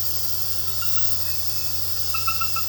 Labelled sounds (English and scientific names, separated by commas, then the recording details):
none
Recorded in pastures near Puerto Asís, Putumayo, Colombia, on 12 March 2025 at 21:30
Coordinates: 0.466, -76.322
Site CSA-02